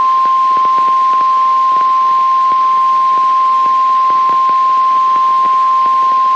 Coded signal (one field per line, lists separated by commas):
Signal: Emergency Alert System (SAME) tones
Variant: 1050 Hz attention tone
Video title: Sioux City IA Tornado Watch EAS 8 5 23 3 00 PM CT